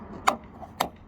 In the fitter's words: nice sound it makes when it's located in tight properly